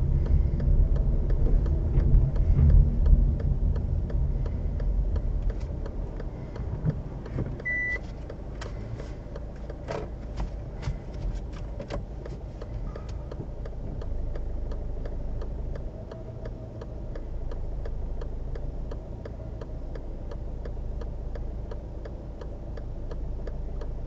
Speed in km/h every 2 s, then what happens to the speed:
15, 15, 8, 0, 0, 0, 0, 0, 0, 0, 0, 0.
0-6 slows to 0. 6-24 standing.